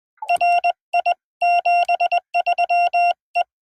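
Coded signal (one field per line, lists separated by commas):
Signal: Morse code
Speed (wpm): 20 wpm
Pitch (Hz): 720 Hz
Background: none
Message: R I 73 E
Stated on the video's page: Parks On The Air activation at a national wildlife refuge.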